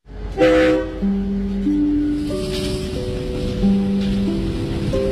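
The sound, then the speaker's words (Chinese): A train horn blares a sustained, chord-like tone over a low rumbling engine, its pitches stepping up and down in long held notes for about five seconds. Loud and continuous, with no voices. “后来我就跟我妈坐上了火车，也记不清是走了多少天，我们到了一个叫清水的小站。”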